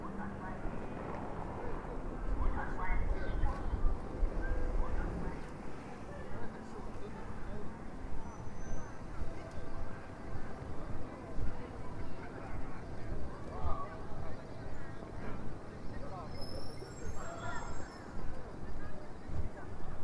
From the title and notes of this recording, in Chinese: 沈阳，中街。